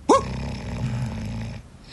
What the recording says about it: There's maybe been some times where I've had a little alcohol in me. This is me snoring. It's because I got a giant uvula.